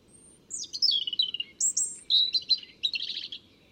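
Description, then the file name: European robin song, a rapid run of high, thin notes sliding downward, then separate sharp, bright phrases ending in a quick trilled flourish. "Erithacus rubecula"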